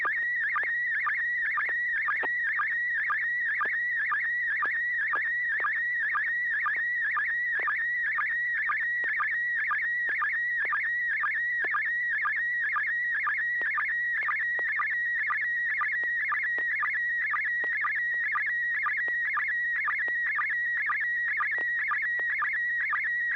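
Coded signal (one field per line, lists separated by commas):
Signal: SSTV (slow-scan television)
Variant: PD120 mode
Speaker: Well, I guess I've already tested audio and tone, so here we go. I don't need to ask for tone. PD 120.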